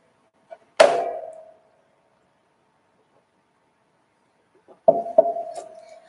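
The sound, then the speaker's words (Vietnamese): A room door is pushed open with a sharp bang and a short ringing tail, followed seconds later by two more quick thumps with the same metallic ring. No voices. “Đúng lúc này, cửa phòng bị đẩy ra, Kỳ Thần vội vàng đi tới, đối với Tạ Vũ Tình báo cáo.”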